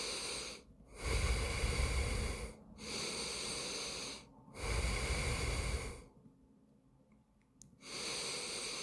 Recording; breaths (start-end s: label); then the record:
nose breathing near a microphone
0.00-0.57 s: inhalation
0.57-2.52 s: exhalation
2.52-4.27 s: inhalation
4.27-6.07 s: exhalation
7.52-8.83 s: inhalation
From the record:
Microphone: phone